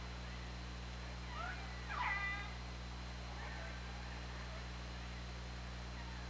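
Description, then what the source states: Killer whale calls, a short burst of harmonic, slightly descending tones near two seconds, then fainter calls, over steady low hum and hiss. Recorded by OrcaLab hydrophone underwater on 24 August 2017 at 20:43.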